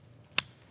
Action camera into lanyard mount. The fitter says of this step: just told the close to it, it's going to click into place.